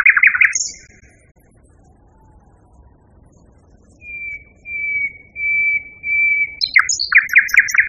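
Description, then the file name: Common nightingale song: a harsh trill, a pause, a series of four drawn-out pure whistles, then a fast chattering trill. Song variation. "kicauan nightingale b variasi. omkicau"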